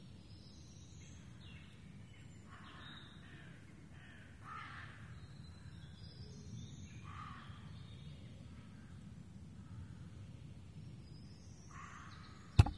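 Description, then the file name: Raven giving several soft, hoarse calls over quiet low noise, ending with a sharp click. Ravens, more than one, in the Forêt de Rambouillet, recorded 24 May 2015. "150524 Ravens in Foret de Rambouillet"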